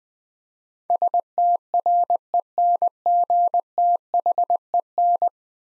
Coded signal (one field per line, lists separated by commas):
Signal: Morse code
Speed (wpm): 20 wpm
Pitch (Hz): 700 Hz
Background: none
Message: STRENGTHEN